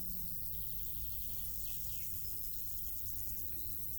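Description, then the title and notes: Insects: a low droning buzz early on and faint high stridulation pulses, with brief bird chirps over a steady low rumble. Insects stridulating in grass on île Gabriel, Brangues, France, during a Rhône scouting trip; sunny summer afternoon, June 2021; two small Lom Usi Pro capsules in AB stereo with SD MixPre 6. "île Gabriel - Brangues, France - Bourdons et crissements estivaux. Une après-midi ensoleillée sur l'île Gabriel. en juin 2021. je dépose deux petites capsules dans l'herbe afin de capter les stridulations des insectes à cette saison"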